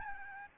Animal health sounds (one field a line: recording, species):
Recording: mosquito wingbeat signal from an infrared sensor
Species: Aedes albopictus